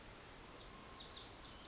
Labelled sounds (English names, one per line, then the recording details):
Pacific Wren
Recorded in Sonoma County, California